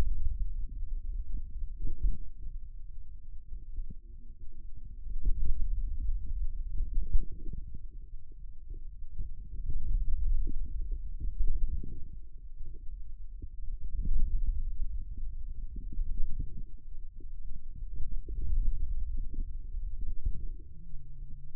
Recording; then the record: forearm muscle sounds (acoustic myography)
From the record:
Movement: pen grasping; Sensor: system 2, bracelet of six BSWA MPA416 microphones around the upper forearm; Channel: 6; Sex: male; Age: 22 years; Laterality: right